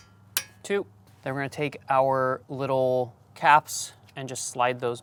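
On a 2009-2013 Mazda 3 front brake, the second caliper guide pin bolt is tightened into the caliper bracket with a click-type torque wrench set to 22 ft-lb. A sharp metallic click sounds at 0.4 s as the wrench reaches its setting, and someone talks throughout.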